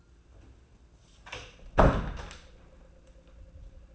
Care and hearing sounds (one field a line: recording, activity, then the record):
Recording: daily activity, microphone in the room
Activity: close door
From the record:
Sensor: 2